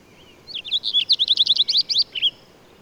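Bird delivering a single high, rapid trill of evenly spaced sharp notes after a soft opening chirp, ending with a brief downslurred note.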